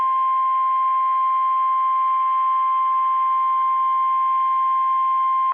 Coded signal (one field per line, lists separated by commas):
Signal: Emergency Alert System (SAME) tones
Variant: 1050 Hz attention tone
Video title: WE MADE IT TO EAS #300 AND LAST WEEKLY TESTS OF THE YEAR EAS Tests From 12/30/20 (EAS #298-303)